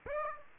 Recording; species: mosquito wingbeat signal from an infrared sensor; Aedes aegypti